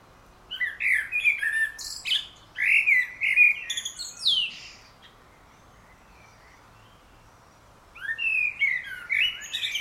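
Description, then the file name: Common blackbird singing a mellow fluted warbled phrase breaking into scratchy high squeaks, then a quiet pause of several seconds and the start of another phrase. "Turdus merula"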